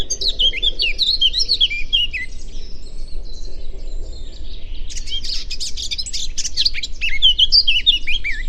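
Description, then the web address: Eurasian blackcap singing a run of clear, jumping whistled notes, then a dense burst of chattering warble and more whistles, with constant low background rumble. "cianscape birddata Deverinetal 2025"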